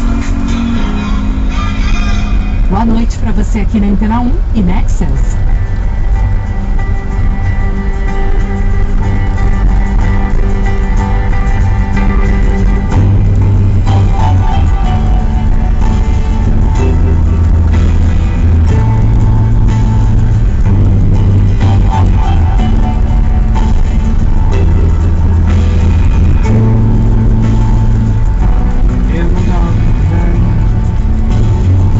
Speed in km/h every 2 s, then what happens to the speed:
16, 16, 16, 17, 19, 19, 20, 20, 20, 20, 20, 20, 19, 19, 18, 18.
0-32 steady at about 19.